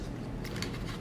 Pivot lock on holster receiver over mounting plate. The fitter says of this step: and locks down